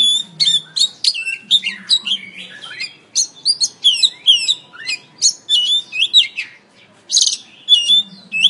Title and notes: Kicau Kacer. kiccau